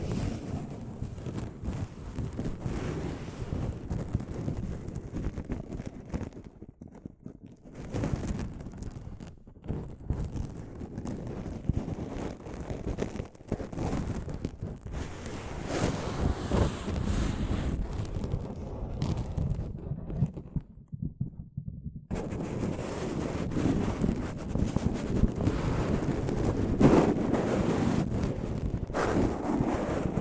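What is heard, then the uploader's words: Soft fabric brushes against a microphone in a continuous, low rumbling rustle, thick and dense with a wind-like roar. The scraping comes in uneven strokes, thinning briefly around seven and again near twenty-one seconds, then returning fuller and brighter through the final stretch. ASMR Mic Brushing using Soft Fabric (No Talking).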